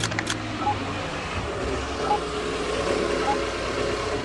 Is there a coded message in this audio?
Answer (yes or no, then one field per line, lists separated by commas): no